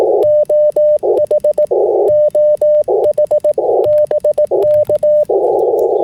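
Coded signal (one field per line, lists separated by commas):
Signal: Morse code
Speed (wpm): 17 wpm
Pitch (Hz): 600 Hz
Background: none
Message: OH OH BK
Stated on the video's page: Slow CW from a park activation with IC-705 and PackTenna end-fed half-wave vertical, finishing after FT8.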